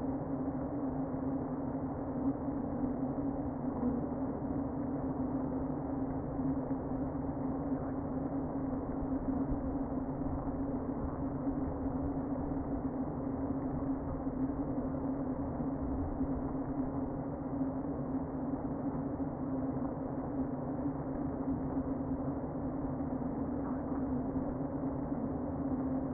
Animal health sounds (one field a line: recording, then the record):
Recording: honeybee colony, microphone inside the hive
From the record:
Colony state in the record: queen present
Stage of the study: before two queens were removed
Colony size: about 60,000 bees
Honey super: yes